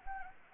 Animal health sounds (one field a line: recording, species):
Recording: mosquito wingbeat signal from an infrared sensor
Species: Anopheles gambiae